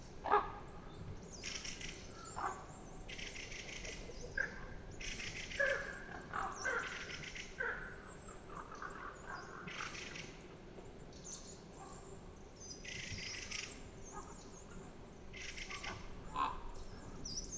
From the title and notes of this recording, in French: Un vol de corbeaux. Sentier de la Sarcena - Nagra Seven - binaural - mkh8020. Une bande de 50 grands corbeaux qui filent vers leur dortoir pour la nuit. Ils crient beaucoup, virevoltent, font des cabrioles, se chamailles puis s'éloignent.